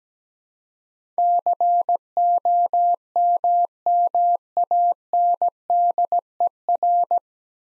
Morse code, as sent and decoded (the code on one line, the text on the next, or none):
-.-. --- -- -- .- -. -.. . .-.
COMMANDER